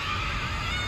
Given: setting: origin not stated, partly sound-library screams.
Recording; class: one-second piece from a danger detection set; woman in danger